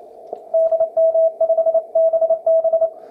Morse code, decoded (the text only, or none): DM5BB